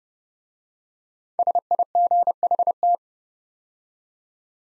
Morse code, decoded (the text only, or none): SIGHT